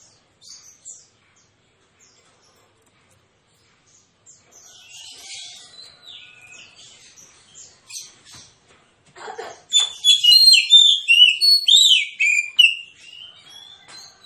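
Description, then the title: Oriental magpie-robin song: soft scratchy notes and clicks, then a loud run of varied whistled and chattering phrases in the later half. Kacer with aggressive fighting song full of 'tembakan' bursts; titled as therapy for reluctant singers. "Kacer Langsung Tarung Konslet KACER NGOTOT FULL TEMBAKAN. Kicau Kacer santaiterapi Kacer males bunyi"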